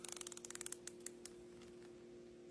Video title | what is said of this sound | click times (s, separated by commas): Energy Work Tiktok Compilation | I don't know if you could hear the little clicks as it zipped. | 0.0 s, 0.1 s, 0.2 s, 0.7 s, 1.1 s